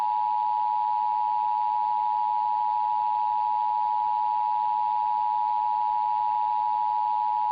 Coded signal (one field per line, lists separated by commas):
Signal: Emergency Alert System (SAME) tones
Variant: 853 and 960 Hz attention tone